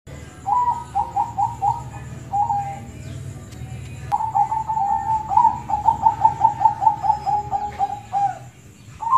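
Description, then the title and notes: Zebra dove giving short trilled coo phrases, then a longer run of quick, evenly pulsed coos; faint steady high hiss in the background. Zebra dove song used as a tutor recording for mastering, teaching other birds the song. "Kupulan Burung Perkutut. burung perkutut yang bisa digunakan untuk memaster"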